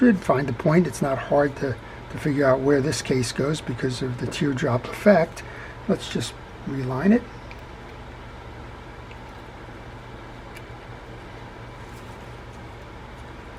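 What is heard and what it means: Someone talks while lining up the metal case of a 1950s Ocean City 1600 baitcasting fishing reel against the reel frame before pushing it home. The speech stops at about 7 seconds, leaving a low, steady background hum with one brief faint sound near 7.5 seconds. The case is only being positioned, and nothing has seated or clicked yet.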